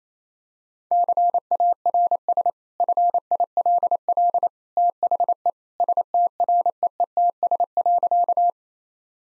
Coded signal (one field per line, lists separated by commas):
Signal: Morse code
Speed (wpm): 28 wpm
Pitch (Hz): 700 Hz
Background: none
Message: CARS FILL THE STREETS.